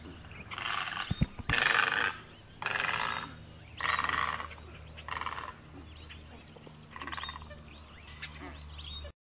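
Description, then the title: Great egret giving several harsh, rasping croaks, fading toward the end over a steady low hum. "LuckyPassaro Completos2Sama. Great Egret"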